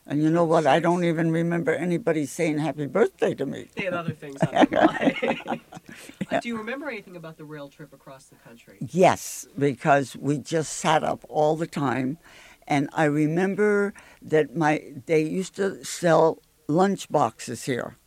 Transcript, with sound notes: And you know what, I don't even remember anybody saying "Happy Birthday" to me.
They had other things on their minds. (they laugh) Do you remember anything about the rail trip across the country?
Yes, because we just sat up all the time and I remember they used to sell lunch boxes here.